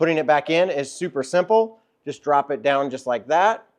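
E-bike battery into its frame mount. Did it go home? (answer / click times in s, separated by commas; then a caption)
no / none. Someone talks while the removable battery of an Aventon Abound LR cargo e-bike is being dropped back down into its frame mount, with a brief pause near 1.9 s. Only speech is heard, and nothing has seated or clicked yet.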